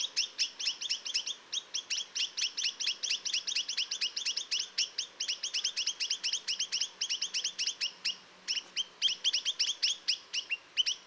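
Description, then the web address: Chinese nuthatch repeating sharp nasal notes in a rapid, nearly unbroken series, with a short pause late on before resuming. "Chinese nuthatch. صدای-پرنده-کمرکولی-چینی"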